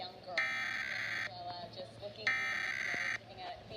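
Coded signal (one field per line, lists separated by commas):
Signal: Emergency Alert System (SAME) tones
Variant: header bursts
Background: speech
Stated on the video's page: National EAS Test aired on broadcast TV station KPRC-TV 2 in Houston.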